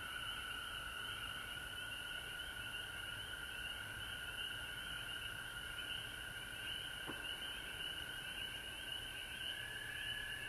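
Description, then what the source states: Frog chorus as an unbroken high trill, with a brighter upper layer that wavers slightly; one brief sharp click in the later part. Frogs recorded at home in Georgia on March 19, 2020.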